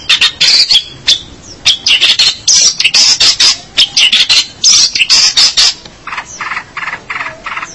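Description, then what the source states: Long-tailed shrike singing in loud harsh chattering bursts, rasping notes run together, then lower grating phrases repeated quickly near the end. Indonesian name pentet; marked 201703.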